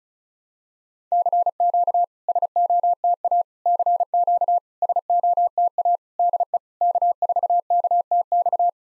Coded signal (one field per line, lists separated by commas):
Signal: Morse code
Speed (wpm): 36 wpm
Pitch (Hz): 700 Hz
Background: none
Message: CQ SOTA CQ SOTA DE K4KTX